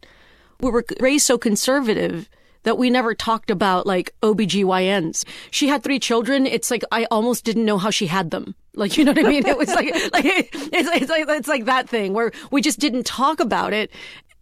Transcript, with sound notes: We were raised so conservative that we never talked about, like, OB-GYNs. She had three children. It's like I almost didn't know how she had them.
(Laughter).
Like, you know what I mean? It was like - it's like that thing where we just didn't talk about it.